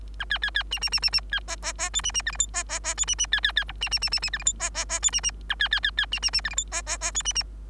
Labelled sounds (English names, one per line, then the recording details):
Bengalese Finch song
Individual Bird3